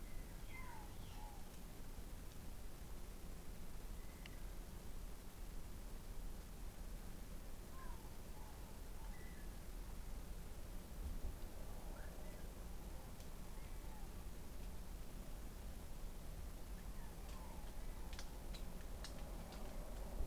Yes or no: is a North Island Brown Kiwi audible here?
no